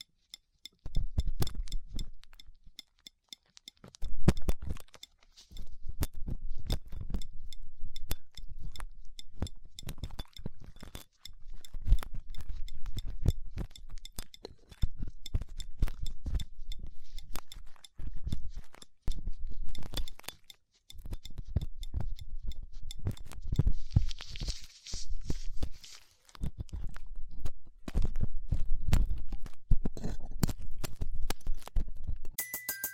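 Ear cleaning with latex gloves, a dental pick and cotton swabs: dense bursts of crackly scratching and rubbing come in runs of a few seconds, split by brief silences. A soft hiss rises around the twenty-five second mark, and small clicks and clinks recur throughout.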